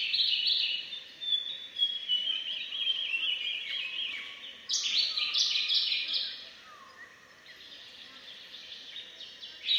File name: Large Tailed Nightjars Chopping Calls - Birds and Wild Ducks